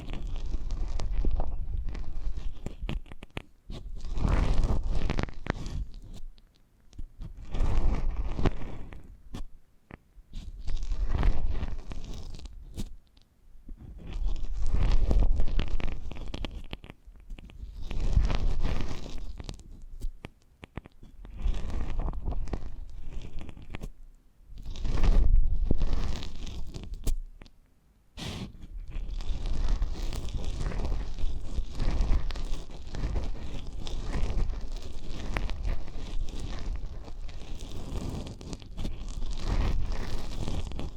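An ASMR eardrum massage of soft, crackly rubbing and crunching against the microphone. For the first half the strokes come in swells every two to three seconds with short silences between; after about twenty-eight seconds the rubbing becomes nearly continuous and steady.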